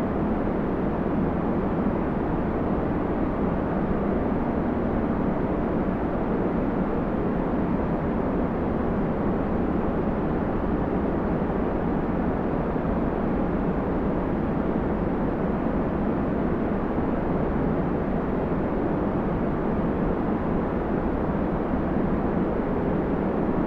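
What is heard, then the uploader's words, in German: White noise plays as a steady, dense hiss and rumble that never changes over the whole stretch. The sound is weighted toward the low and middle range with a dull, muffled top, resembling a distant engine drone, and no separate events stand out. Sternenlicht Weißes Rauschen.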